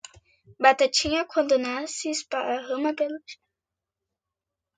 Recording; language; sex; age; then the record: short text; Brazilian Portuguese; female; 40 to 49 years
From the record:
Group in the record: control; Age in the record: 42 years